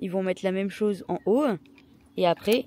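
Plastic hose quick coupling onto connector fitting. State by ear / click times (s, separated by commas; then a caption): not seated / none. A plastic garden-hose quick-connect coupling is being handled, about to be pushed onto a connector fitting on a makeshift water setup. Someone talks throughout, with a brief pause near the middle. Nothing has seated or clicked yet.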